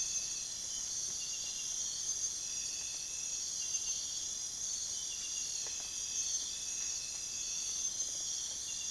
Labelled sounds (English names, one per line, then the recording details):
none
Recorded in secondary vegetation near Puerto Asís, Putumayo, Colombia, on 23 June 2025 at 02:30
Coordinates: 0.500, -76.326
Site GP08